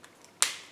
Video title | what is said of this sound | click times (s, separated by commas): Tuto SCrapbooking Carte d'automne avec colorisation aux copics par Cathygel #4enscrap | pensez à bien fermer vos feutres mais vous entendez le clic le système est très efficace | 0.4 s